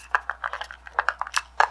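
The plastic screw-top lid of a Huda Beauty Easy Bake loose setting powder jar in Peach Pie is twisted, giving sharp plastic clicks at 0.2, 0.3, 1.0, 1.1 and 1.6 seconds, with softer rattles between them. The lid does not lock into place all the way and feels as if it could fall off.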